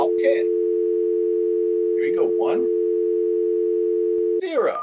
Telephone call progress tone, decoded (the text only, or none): dial tone